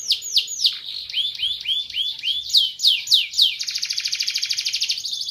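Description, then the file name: Canary singing a quick series of high descending slurred notes that gives way to a dense, rapid rolling trill. "kompilasi kicauan kenari van helsing omkicau"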